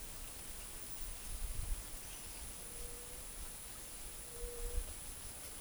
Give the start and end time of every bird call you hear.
[4.26, 4.83] White-tipped Dove (Leptotila verreauxi)

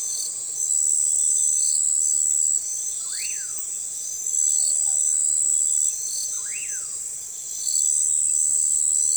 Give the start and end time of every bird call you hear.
[3.00, 3.65] Common Pauraque (Nyctidromus albicollis)
[6.29, 6.95] Common Pauraque (Nyctidromus albicollis)

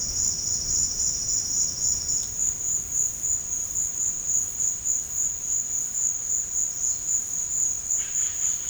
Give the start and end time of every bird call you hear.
[7.83, 8.69] Yellow-rumped Cacique (Cacicus cela)

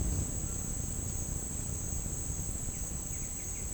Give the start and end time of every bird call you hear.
[2.66, 3.74] White-winged Becard (Pachyramphus polychopterus)

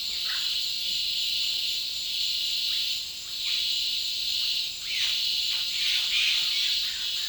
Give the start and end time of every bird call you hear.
[0.00, 3.64] Yellow-rumped Cacique (Cacicus cela)
[4.36, 7.29] Yellow-rumped Cacique (Cacicus cela)

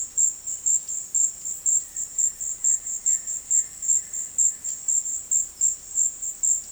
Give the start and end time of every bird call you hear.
[1.75, 4.73] White-shouldered Antbird (Akletos melanoceps)

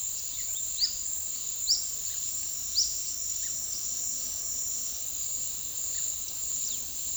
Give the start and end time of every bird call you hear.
[0.75, 2.86] Olive-faced Flatbill (Tolmomyias viridiceps)

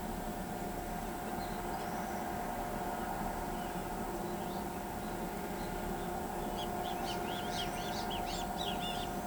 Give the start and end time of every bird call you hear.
[6.57, 9.27] Great Kiskadee (Pitangus sulphuratus)

